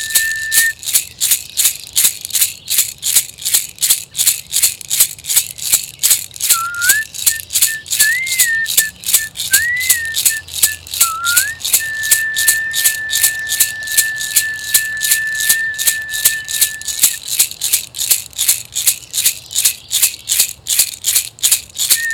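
A rattle shakes in a fast, even pulse throughout, each crisp stroke bright and hissy, about two or three per second. Over it a whistle holds a thin high tone, briefly wavering and sliding in the middle, then sustaining steadily until it stops around seventeen seconds.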